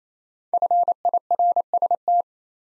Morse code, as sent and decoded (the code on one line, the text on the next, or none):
..-. .. .-. ... -
FIRST